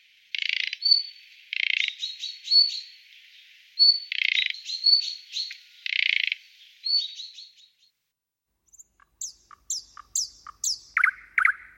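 Bird song of harsh, buzzy bursts alternating with high thin whistles, followed by a run of quick, sharp chirps.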